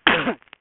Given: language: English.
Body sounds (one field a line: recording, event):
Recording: throat vibration sensor signal played as sound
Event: cough